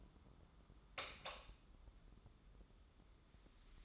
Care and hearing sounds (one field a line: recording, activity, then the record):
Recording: daily activity, microphone in the room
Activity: light on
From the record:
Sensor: 3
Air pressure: 995.4 hPa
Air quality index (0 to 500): 84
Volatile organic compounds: 7 ppm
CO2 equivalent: 2020 ppm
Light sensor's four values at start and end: 9/22/9/9 and 12/31/12/12